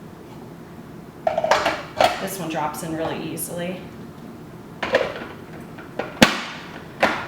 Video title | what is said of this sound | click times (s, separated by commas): Hurom Slow Juicer vs. KitchenAid Juicer and Sauce Attachment vs. Vitamix | And it locks in like on a food processor. | 6.2 s